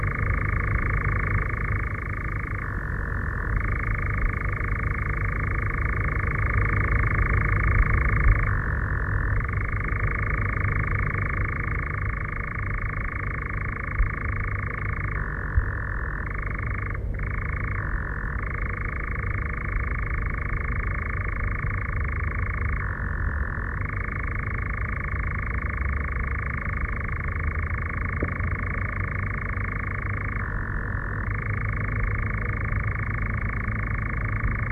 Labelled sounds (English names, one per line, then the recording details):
Eurasian Nightjar
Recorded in the wild
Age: adult
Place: Federaun, AT
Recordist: Brunner, Thomas
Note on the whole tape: Aufnahme: Mitte Juni, Nähe Federaun bei Villach, Kärnten